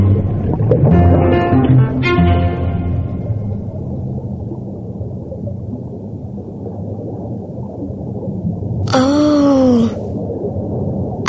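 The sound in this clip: Bear making rough, breathy groans early on, then after a rumbling pause a clear arched tonal call lasting about a second.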